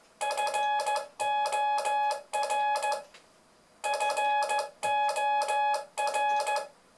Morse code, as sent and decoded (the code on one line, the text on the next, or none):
..-. --- .-. / ..-. --- .-.
FOR FOR